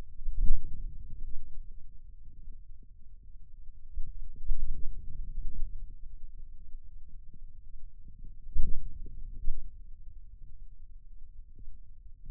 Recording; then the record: forearm muscle sounds (acoustic myography)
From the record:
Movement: outward rotation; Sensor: system 2, bracelet of six BSWA MPA416 microphones around the upper forearm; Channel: 1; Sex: male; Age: 22 years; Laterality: right